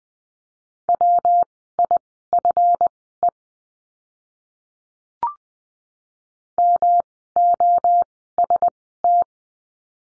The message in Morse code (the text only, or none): WIFE MOST